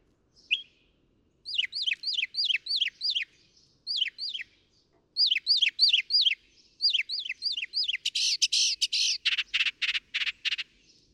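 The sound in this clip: Northern mockingbird song: quick downslurred whistles repeated in rapid sets, then harsh rasping bursts.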